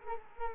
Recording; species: mosquito wingbeat signal from an infrared sensor; Culex quinquefasciatus